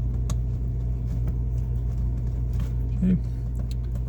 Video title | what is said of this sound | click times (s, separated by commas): 2017 20ft Flying Cloud Airstream - Noisy Water Pump - IRVWPC2 Install | And it goes in till it snaps. | 0.3 s